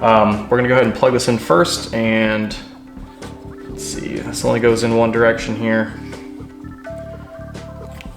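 On a BMW F30, the wiring connector of a new sequential turn signal, which only fits one way, is pushed into the mirror harness plug until it snaps into place. Someone talks over background music, then a single short, sharp click at 8.0 s shows the connector has seated.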